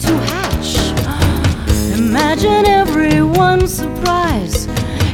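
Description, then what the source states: Ostrich giving loud, wavering whistled cheeps that rise and fall in pitch, several in quick succession. Ostrich hatching.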